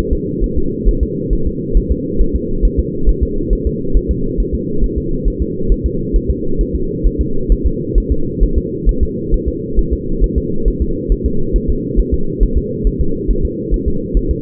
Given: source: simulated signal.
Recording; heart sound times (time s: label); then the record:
fetal heart sounds
0.13 s: S2
0.44 s: S1
0.58 s: S2
0.89 s: S1
1.03 s: S2
1.33 s: S1
1.47 s: S2
1.77 s: S1
1.92 s: S2
2.21 s: S1
2.36 s: S2
2.65 s: S1
2.80 s: S2
3.09 s: S1
3.23 s: S2
3.53 s: S1
3.67 s: S2
3.97 s: S1
4.11 s: S2
4.40 s: S1
4.55 s: S2
4.84 s: S1
4.98 s: S2
5.28 s: S1
5.42 s: S2
5.72 s: S1
5.86 s: S2
6.16 s: S1
6.30 s: S2
6.61 s: S1
6.75 s: S2
7.07 s: S1
7.21 s: S2
7.52 s: S1
7.66 s: S2
7.98 s: S1
8.12 s: S2
8.43 s: S1
8.58 s: S2
8.89 s: S1
9.03 s: S2
9.34 s: S1
9.48 s: S2
9.79 s: S1
9.93 s: S2
10.24 s: S1
10.38 s: S2
10.68 s: S1
10.82 s: S2
11.12 s: S1
11.26 s: S2
11.56 s: S1
11.70 s: S2
12.00 s: S1
12.14 s: S2
12.43 s: S1
12.58 s: S2
12.87 s: S1
13.01 s: S2
13.31 s: S1
13.45 s: S2
13.74 s: S1
13.88 s: S2
14.17 s: S1
14.31 s: S2
From the record:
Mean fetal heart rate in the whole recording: 135 bpm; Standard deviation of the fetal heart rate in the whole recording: 3 bpm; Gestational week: 36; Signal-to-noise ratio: -8.1 dB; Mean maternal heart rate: 72 bpm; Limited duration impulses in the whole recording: absent